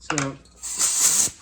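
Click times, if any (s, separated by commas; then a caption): none. An air compressor hose's ordinary quick-connect coupler is being fitted onto a CAPRI TOOLS vacuum brake bleeder. Someone says a short word, then a bright, steady hiss of air rises at about 0.6 s and fades by 1.3 s. The coupler is only being handled: nothing has seated or clicked yet.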